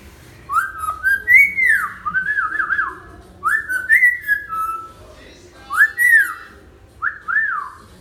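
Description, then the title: Hill myna giving a varied series of slurred whistles, each rising and falling in quick two- or three-note phrases, with short pauses between groups. Actively singing (gacor) hill myna, used as a tutor (masteran) for training other birds. "Suara Burung Beo Gacor Cocok Untuk Masteran"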